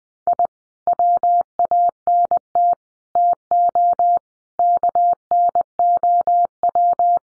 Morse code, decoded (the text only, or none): I WANT TO KNOW